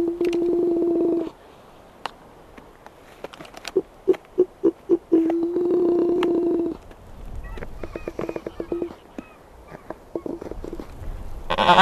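Black-browed albatross making a humming drone, a string of sharp clicks, another drone, then scattered pulses and a loud burst at the end.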